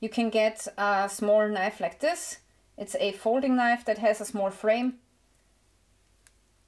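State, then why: Seated. Someone talks for about five seconds, then after a quiet pause the blade of a small folding knife with a small frame is opened and locks into the open position in its handle frame with a single short tick at 6.3 s. The lock only somewhat holds, suggesting a weak lock.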